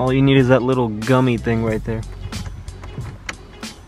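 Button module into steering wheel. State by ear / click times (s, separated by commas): seated / 3.3 s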